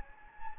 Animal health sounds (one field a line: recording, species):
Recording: mosquito wingbeat signal from an infrared sensor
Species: Anopheles gambiae